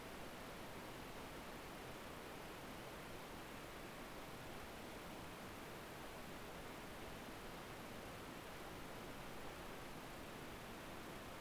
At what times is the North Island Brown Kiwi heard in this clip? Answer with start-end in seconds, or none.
none